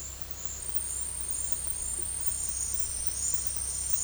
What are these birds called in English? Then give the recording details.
none. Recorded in dense forest near Puerto Asís, Putumayo, Colombia, on 18 February 2024 at 12:00. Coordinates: 0.487, -76.319. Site G6403